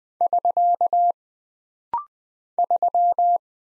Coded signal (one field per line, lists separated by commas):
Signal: Morse code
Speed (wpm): 20 wpm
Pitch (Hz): 700 Hz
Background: none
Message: <SK> 3